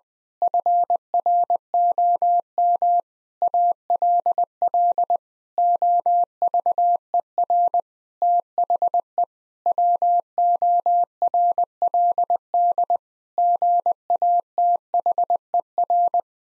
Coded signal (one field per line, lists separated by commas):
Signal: Morse code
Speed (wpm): 20 wpm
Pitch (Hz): 700 Hz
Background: none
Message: FROM ALL OVER THE WORLD GATHER